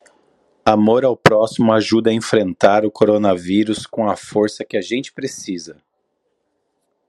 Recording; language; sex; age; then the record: spoken sentence; Brazilian Portuguese; male; 40 to 49 years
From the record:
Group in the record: control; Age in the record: 41 years